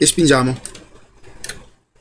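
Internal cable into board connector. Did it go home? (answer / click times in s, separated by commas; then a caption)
yes / 1.4 s. An internal cable is pushed into its connector on the board of a PS5 disc-version console, models 1016A and 1116A, while someone talks. A sharp click at 1.4 s, followed by a softer tick, confirms the connector is seated.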